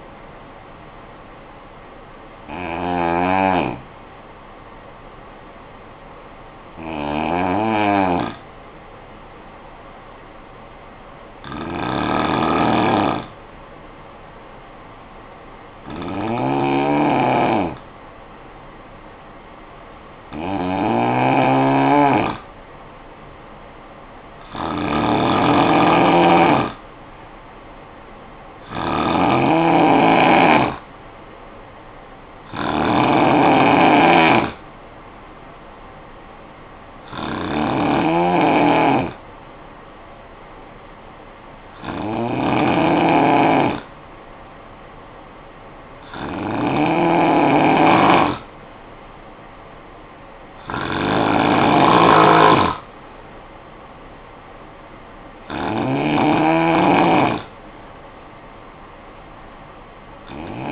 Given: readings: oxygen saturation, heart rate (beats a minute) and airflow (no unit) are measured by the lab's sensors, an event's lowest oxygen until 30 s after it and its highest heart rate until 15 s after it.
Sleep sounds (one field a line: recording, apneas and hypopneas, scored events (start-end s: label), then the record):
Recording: breathing in sleep by a voice recorder at the bedside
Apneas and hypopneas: 1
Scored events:
4.00-24.00 s: hypopnea (N2, oxygen 94% highest, then 91% lowest, heart rate 63 at the start, 63 highest)
From the record:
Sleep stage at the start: N2 (light sleep)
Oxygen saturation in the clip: 91 to 94%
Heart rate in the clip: 50 to 69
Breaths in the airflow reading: 13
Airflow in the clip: -8.0 to 7.1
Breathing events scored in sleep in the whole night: 445 in 7.6 hours asleep